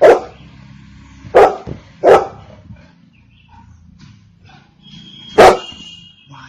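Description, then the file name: Golden retriever barking: several sharp, loud barks, three in the first two and a half seconds and another after a pause, with a thin tone just after it. "Golden retriever Dog"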